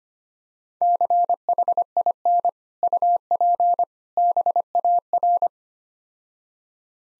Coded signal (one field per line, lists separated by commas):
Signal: Morse code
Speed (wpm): 26 wpm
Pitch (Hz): 700 Hz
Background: none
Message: CHIN UP BAR